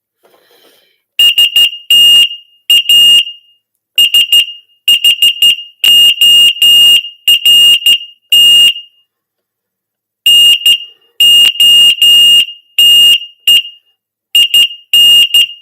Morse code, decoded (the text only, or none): ST A SHORT NOTE IN